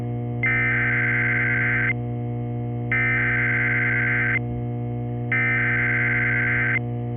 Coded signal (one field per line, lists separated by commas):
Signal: Emergency Alert System (SAME) tones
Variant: header bursts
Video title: EAS: Rebabone Tomato Emergency